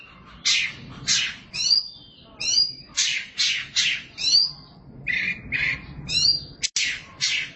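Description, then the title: Oriental magpie-robin singing a rich mix of harsh, scratchy bursts and clear whistled notes, phrases following roughly every half second. "Suara Kicauan Burung Kacer"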